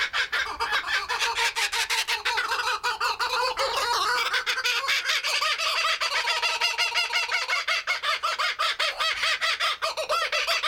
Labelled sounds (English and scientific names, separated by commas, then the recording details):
White-headed Buffalo-Weaver (Dinemellia dinemelli)
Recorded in captivity
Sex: group
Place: Zoo Berlin, Berlin, DE
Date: 1996-04-06 15:55
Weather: heiter, 10 - 16 °C
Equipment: Sony MD-WM MZ-R3, Sennheiser MKH 416 T, Kopie Uher 4000 Report Monitor
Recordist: Tembrock, Günter